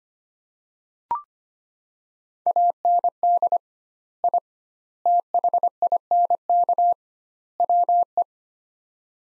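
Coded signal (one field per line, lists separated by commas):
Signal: Morse code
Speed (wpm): 25 wpm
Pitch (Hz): 700 Hz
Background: none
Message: AND I THINK WE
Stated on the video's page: Practice sets of four words at 25 wpm with 2x word spacing, a Farnsworth-like method applied to words.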